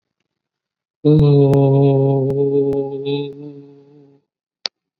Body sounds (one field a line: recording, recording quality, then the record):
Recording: sustained vowel as in boot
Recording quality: excellent, no background noise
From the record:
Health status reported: COVID-19 positive, moderate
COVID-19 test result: positive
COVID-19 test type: RT-PCR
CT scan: not taken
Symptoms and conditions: cough, fever, fatigue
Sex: male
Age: 46 years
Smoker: no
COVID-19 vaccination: both doses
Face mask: worn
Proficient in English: yes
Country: India